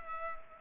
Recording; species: mosquito wingbeat signal from an infrared sensor; Culex pipiens